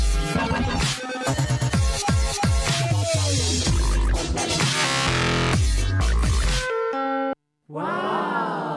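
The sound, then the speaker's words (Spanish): A bright, synthetic Nokia ringtone melody plays in quick, evenly stepped notes over a full backing, then cuts out briefly before a final burst of swooping, wavering tones. “una canción basada en el famoso tono de llamada de Nokia”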